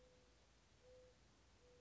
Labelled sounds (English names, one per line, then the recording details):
Mourning Dove
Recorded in Sonoma County, California